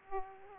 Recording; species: mosquito wingbeat signal from an infrared sensor; Aedes aegypti